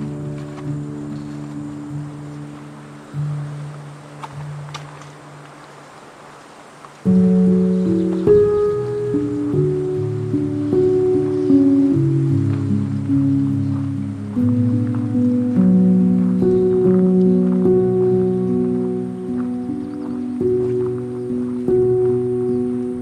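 Outdoors at Patagonia Lake State Park in SE Arizona, a low, layered hum of steady tones drifts and shifts in pitch. It stays quieter for the first seven seconds, then jumps louder and continues, with faint clicks and a thin high hiss throughout.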